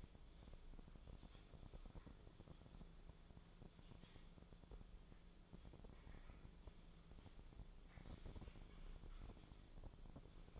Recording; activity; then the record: daily activity, microphone in the room; typing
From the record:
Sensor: 5